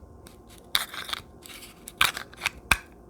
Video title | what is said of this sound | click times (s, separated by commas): Alpha Outpost - UNBOXING- JULY 2020 Box - KAMA -BeardTastic Reviews | hear that nice audible click for you guys | 0.8 s, 2.0 s, 2.7 s